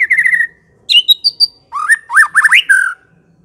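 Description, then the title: White-rumped shama song: a buzzy trilled phrase, a pause, high whistles, then a run of swooping slurred notes ending on a held whistle. Aggressive White-rumped shama song used as a lure to provoke a fighting bird. "Pancingan Murai Batu Galak"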